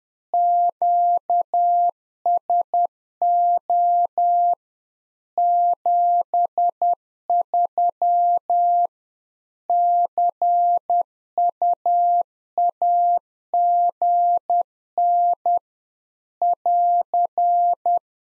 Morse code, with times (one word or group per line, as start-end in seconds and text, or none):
0.3-4.5 QSO
5.4-8.9 73
9.7-15.6 CUAGN
16.4-18.0 <AR>